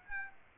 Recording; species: mosquito wingbeat signal from an infrared sensor; Aedes aegypti